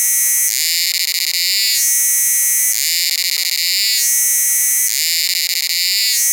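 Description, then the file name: Cicada buzz, steady and piercing, pulsing between a harsher brighter tone and a slightly duller one about every two seconds throughout. "Kearns Corrected Thesis DIGITAL APPENDIX H Cicada"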